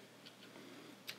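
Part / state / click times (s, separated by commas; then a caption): microSD card into security camera card slot / seated / 1.1 s. A microSD memory card is slid into the card slot of an NSC-LPR-832-BT1 license-plate security camera and pressed in until its spring latch clicks. Faint ticks come first, then one short, sharp click at 1.1 s as the card seats in the slot.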